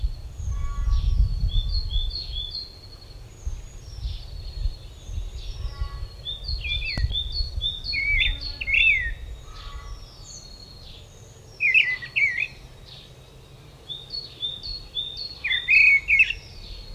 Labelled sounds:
Mistle Thrush (Turdus viscivorus) song

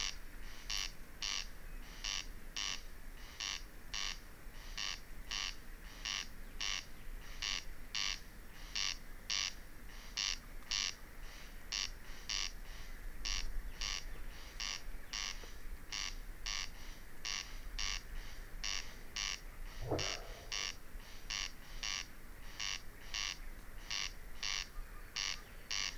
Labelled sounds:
Corn Crake (Crex crex)

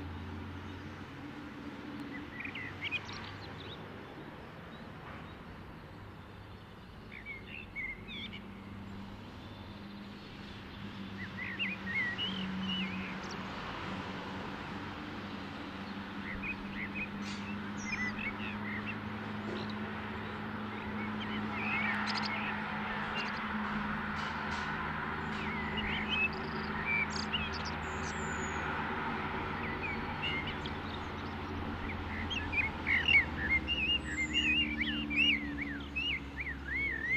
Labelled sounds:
Common Blackbird (Turdus merula)

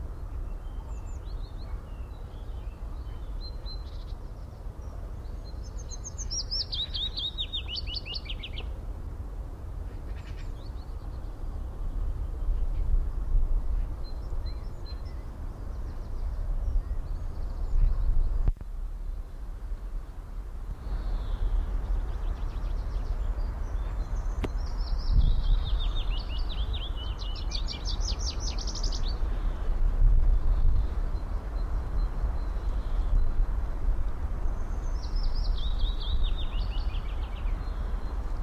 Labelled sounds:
Willow Warbler (Phylloscopus trochilus)

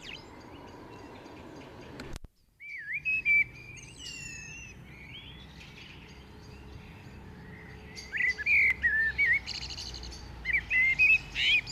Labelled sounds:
Common Blackbird (Turdus merula) song

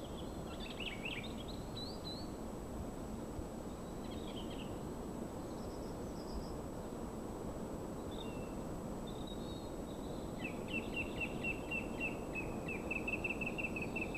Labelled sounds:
Song Thrush (Turdus philomelos) song

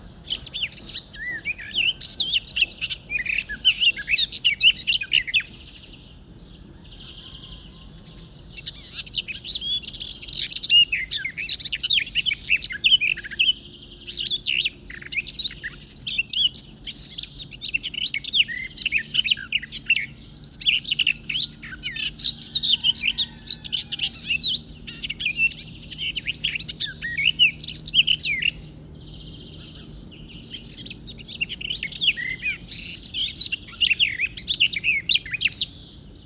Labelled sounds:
Garden Warbler (Sylvia borin) song

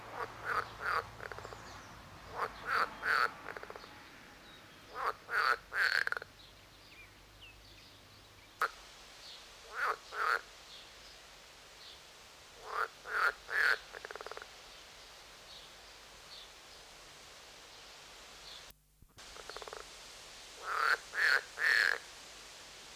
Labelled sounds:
Edible Frog (Pelophylax esculentus)

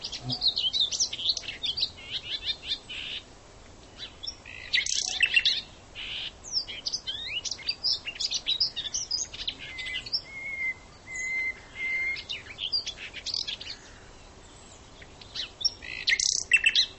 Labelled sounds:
Common Nightingale (Luscinia megarhynchos) song

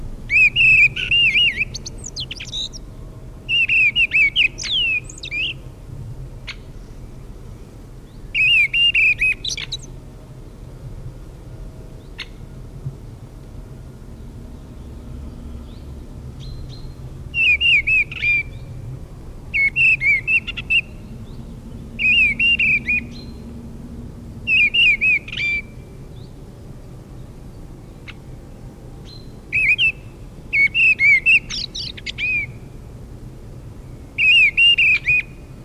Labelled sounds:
Mistle Thrush (Turdus viscivorus) song

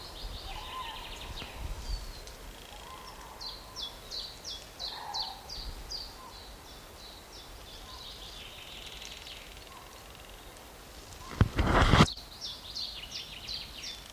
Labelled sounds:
Common Chiffchaff (Phylloscopus collybita) song

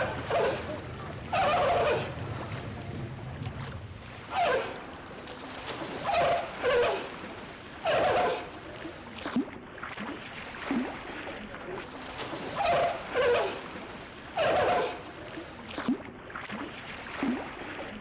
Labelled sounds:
Brown Fur Seal (Arctocephalus pusillus) call

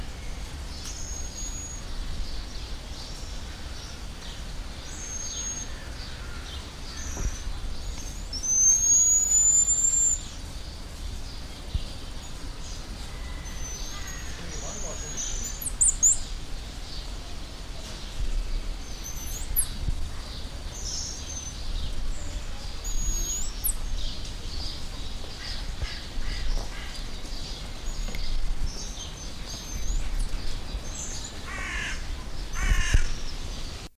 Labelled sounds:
Black-mantled Tamarin (Saguinus nigricollis)

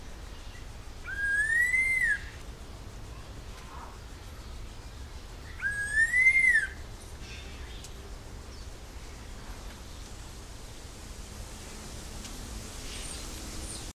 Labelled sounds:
Red-tailed Laughingthrush (Trochalopteron milnei) call

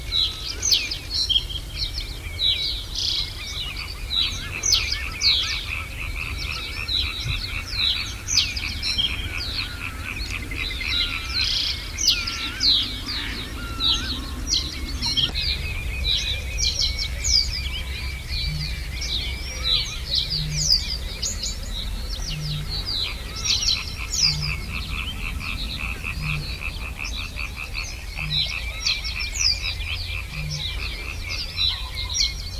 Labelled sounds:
Reed Bunting (Emberiza schoeniclus)

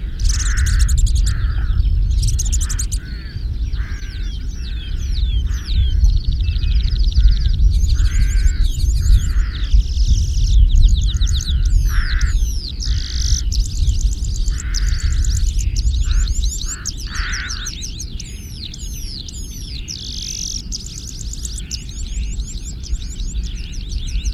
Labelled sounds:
Red-throated Pipit (Anthus cervinus) song

